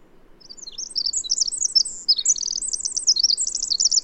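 Bird song rising out of quiet: a stream of high sharp chirps building into fast rattling trills that run to the end.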